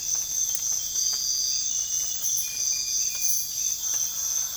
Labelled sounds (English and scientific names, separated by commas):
none